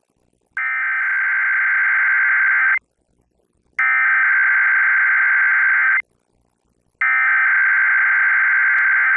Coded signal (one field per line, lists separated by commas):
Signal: Emergency Alert System (SAME) tones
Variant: header bursts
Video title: LWX and WETA-FM Required Weekly Tests on January 5th, 2022 (with bonus clip!) - EAS 78-80